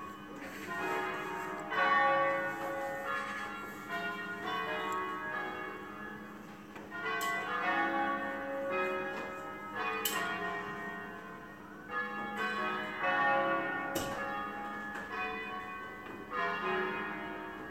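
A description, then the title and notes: Church bells ring in a continuous peal, strikes following one another quickly and overlapping into a dense, shimmering wash of ringing tones. Louder clusters swell around two, eight, ten and thirteen seconds, with a few sharp clanks near seven, ten and fourteen seconds. Church bells. I woke up to these bells in Masate. They rang every hour and every half hour.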